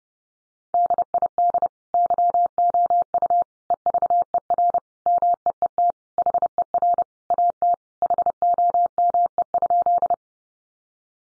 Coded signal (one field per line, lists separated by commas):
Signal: Morse code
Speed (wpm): 30 wpm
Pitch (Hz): 700 Hz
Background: none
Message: DID YOU EVER MEET HER AT HOME?